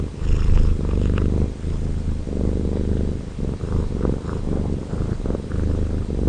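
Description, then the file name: Domestic cat purring, a deep continuous rumble pulsing with each breath, the rhythm breaking into short inhale and exhale phases every second or two. Recorded 17 February 2011; domestic cat purring. "Purring Domestic Cat Rocky 20110217"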